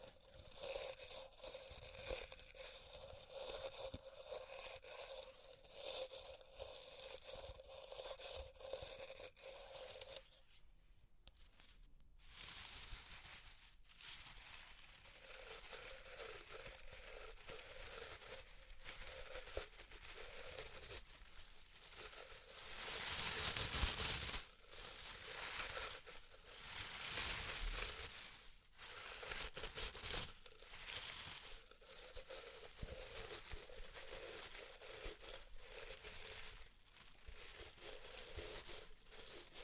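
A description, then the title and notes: Crinkly handling sounds from objects in test tubes, a dense run of scratching, crackling and tapping with a faint steady hum underneath for the first ten seconds. A short near-silence comes around eleven seconds, then the rustling returns, swelling louder near twenty-four seconds. ASMR Experimental Triggers in Test Tubes (No Talking).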